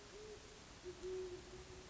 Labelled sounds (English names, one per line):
Great Horned Owl